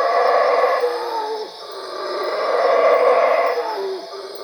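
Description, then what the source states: Howler monkey roars in two rough, swelling waves, each trailing off in a sliding, descending moan. At Cuevas.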